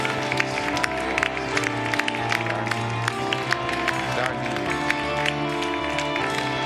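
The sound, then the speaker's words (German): Steady audience applause for Jesus, a dense patter of many hands clapping at an even loudness, with a sustained tonal hum of music running underneath. “Oh, geben wir mal Jesus noch mal einen kräftigen Applaus.”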